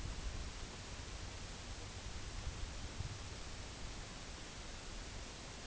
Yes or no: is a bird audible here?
no